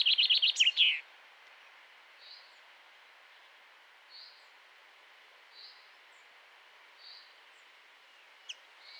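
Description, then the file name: Common chaffinch song ending in a brisk rattling flourish at the start, followed by soft faint notes repeated roughly every one and a half seconds over quiet background. "Fringilla coelebs"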